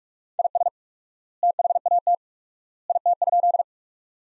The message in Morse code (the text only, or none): IS THAT IT?